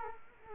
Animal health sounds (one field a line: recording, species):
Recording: mosquito wingbeat signal from an infrared sensor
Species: Culex quinquefasciatus